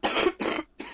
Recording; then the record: coughing mixed with background sound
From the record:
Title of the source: 61 morning phlegmy cough...again